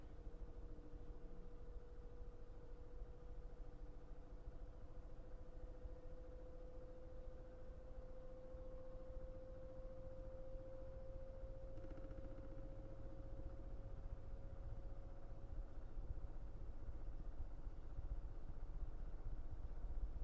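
A washing machine runs with a steady low rumble and a sustained motor whine that slowly rises in pitch, growing slightly louder toward the end.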